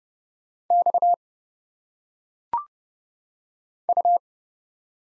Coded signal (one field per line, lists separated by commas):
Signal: Morse code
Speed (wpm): 30 wpm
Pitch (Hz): 700 Hz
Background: none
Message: X U